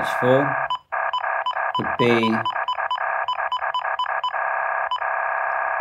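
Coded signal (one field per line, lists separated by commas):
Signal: none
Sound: scanner key press beeps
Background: speech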